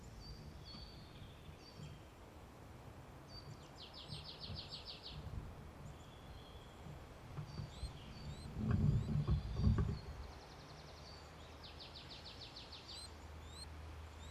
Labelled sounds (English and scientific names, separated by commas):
Marsh Tit (Poecile palustris)